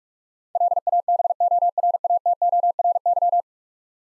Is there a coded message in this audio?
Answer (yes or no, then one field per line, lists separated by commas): yes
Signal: Morse code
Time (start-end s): 0.6-3.4 s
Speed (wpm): 46 wpm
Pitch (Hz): 700 Hz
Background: none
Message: LABORATORY